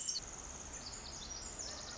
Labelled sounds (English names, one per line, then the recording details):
Pacific Wren
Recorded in Sonoma County, California